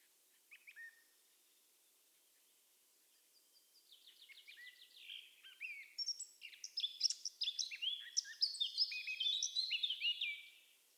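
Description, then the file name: Eurasian blackcap song: a few soft high notes, a pause, then a rich, fast warble of varied chirps and twitters that grows louder and runs unbroken for about seven seconds. "Sylvia atricapilla"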